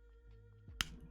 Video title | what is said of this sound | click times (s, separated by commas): Slime & Sand Dino Fossil Find Time With TWO Eggs~ - A break between books - Chaotic Vibes | It's nice. Nice click. | 0.8 s